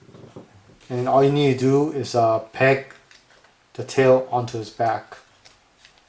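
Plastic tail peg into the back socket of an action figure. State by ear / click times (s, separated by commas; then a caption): seated / 5.5 s. Someone talks while pushing the plastic tail peg of a Splinter Teenage Mutant Ninja Turtles action figure into the socket in the figure's back, a step that takes some force. A short click is heard at 5.5 s as the tail seats in place, and the tail helps the figure stand up.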